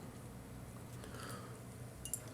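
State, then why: Seated. A plastic part of the Sentinel Riobot R-18 Mospeada VF-052F Cyclone (Stick Bernard) transformable action figure is pushed into its slot over a low, steady background hum. Two small, sharp clicks at 2.1 s and 2.1 s mark its two small clips snapping shut, and the part locks into place.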